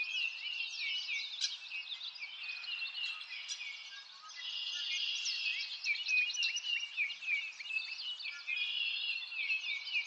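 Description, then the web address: Birds singing in a dense chorus, many high chirps and quick downward-sweeping notes overlapping continuously, with a slight lull midway before the chatter swells again. "Sound Effects-Lynne Music Nature-Ambience-Birds-In-A-Forest"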